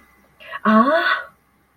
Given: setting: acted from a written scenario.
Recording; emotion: vocal sound without words; negative surprise